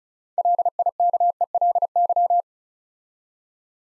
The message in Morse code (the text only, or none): LIKELY